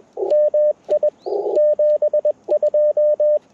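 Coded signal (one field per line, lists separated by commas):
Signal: Morse code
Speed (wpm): 20 wpm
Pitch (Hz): 600 Hz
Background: radio noise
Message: MI 72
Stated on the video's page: Parks on the Air CW activation lasting 70 minutes on an Icom IC-705 with a PackTenna Random wire antenna.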